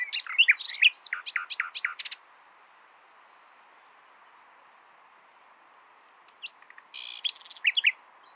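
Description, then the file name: Common nightingale singing rich, varied phrases of rapid chirps, trills and slurred whistles, pausing for several seconds, then resuming with a new burst of notes. "Luscinia megarhynchos"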